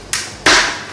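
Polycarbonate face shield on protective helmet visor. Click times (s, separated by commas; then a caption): 0.1 s, 0.5 s. A polycarbonate face shield is pulled off the visor of an Aircube protective helmet, unsnapping it from the notches. Two sharp pops ring out at 0.1 s and 0.5 s, the second louder and longer. The shield is released from the visor.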